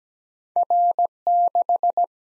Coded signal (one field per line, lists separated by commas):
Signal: Morse code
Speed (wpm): 17 wpm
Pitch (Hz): 700 Hz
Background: none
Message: R6